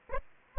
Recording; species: mosquito wingbeat signal from an infrared sensor; Aedes aegypti